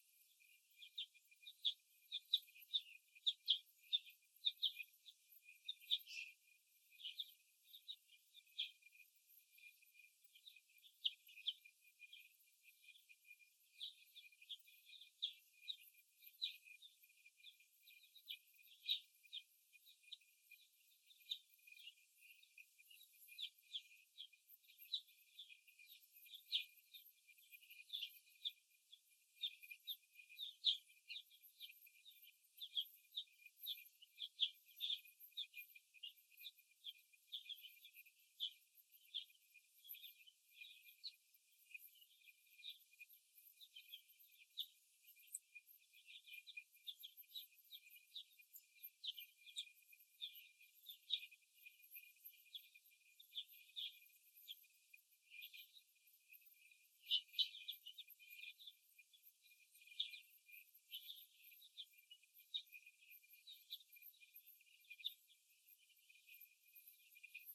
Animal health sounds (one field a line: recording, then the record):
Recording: young laying hens in a cage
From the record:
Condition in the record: after the stressor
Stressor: simulated dog barking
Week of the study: 1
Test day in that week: 2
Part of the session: 3